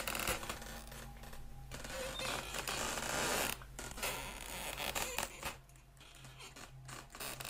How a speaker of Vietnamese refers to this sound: Ánh điện trong nhà bất giác chợt tắt. Cánh cửa sổ ở bên kia không có gió mà từ từ mở ra.